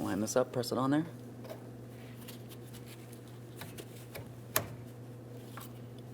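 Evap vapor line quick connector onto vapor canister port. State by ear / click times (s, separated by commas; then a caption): seated / 4.6 s. Someone talks briefly as the EVAP vapor line's quick-connect fitting is lined up and pressed onto its port on a new vapor canister on a 2007-2014 GMC Sierra 2500 HD 6.0L V8. After a few faint handling taps, the connector latches with one sharp click at 4.6 s. The fitting is seated, with the locking tabs in place.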